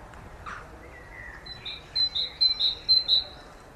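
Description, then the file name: Great tit giving a run of ringing, evenly spaced notes, with soft background noise throughout. "Parus major"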